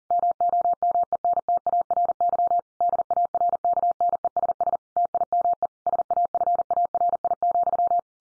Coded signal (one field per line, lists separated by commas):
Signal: Morse code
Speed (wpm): 40 wpm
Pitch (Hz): 700 Hz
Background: none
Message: MOMENTARY DARKNESS TIME SAFARI,